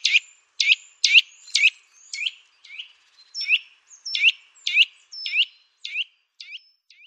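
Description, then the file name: Eurasian nuthatch calls: a long run of sharp, high notes, about two per second, fading in strength toward the end. "KOWALIK"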